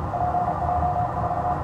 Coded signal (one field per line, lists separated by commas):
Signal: Morse code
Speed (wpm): 35 wpm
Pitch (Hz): 710 Hz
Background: none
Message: PJ4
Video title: QRPer vs Maniacs & Savages: QRP in the 2020 ARRL Intl. DX CW test – part 1 of 2